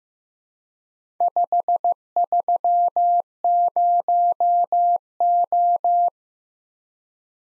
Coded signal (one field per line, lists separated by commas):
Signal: Morse code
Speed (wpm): 15 wpm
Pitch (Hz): 700 Hz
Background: none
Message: 530O